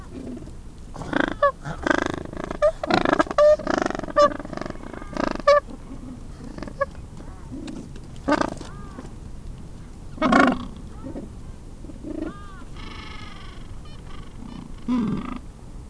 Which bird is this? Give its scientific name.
Pygoscelis papua